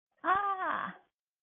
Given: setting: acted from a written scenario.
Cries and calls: vocal sound without words; pain

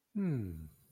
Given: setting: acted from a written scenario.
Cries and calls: vocal sound without words; serenity

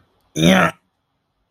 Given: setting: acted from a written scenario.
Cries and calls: vocal sound without words; disgust

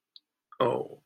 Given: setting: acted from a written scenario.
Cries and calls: vocal sound without words; guilt

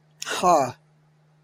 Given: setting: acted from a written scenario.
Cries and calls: vocal sound without words; contempt

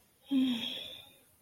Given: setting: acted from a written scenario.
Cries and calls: vocal sound without words; shame

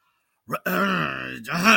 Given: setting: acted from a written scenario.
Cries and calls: vocal sound without words; anger

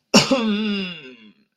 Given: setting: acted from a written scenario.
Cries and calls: vocal sound without words; embarrassment

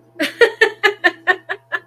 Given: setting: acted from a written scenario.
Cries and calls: vocal sound without words; amusement

